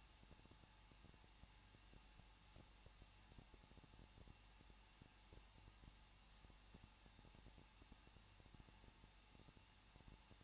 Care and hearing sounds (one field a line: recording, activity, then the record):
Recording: daily activity, microphone in the room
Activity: no activity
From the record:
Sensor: 1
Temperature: 20.1 degrees Celsius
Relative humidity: 39.2%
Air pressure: 1006.3 hPa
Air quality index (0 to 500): 218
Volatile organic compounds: 78 ppm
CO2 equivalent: 3591 ppm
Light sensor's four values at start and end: 1/2/1/1 and 1/2/1/1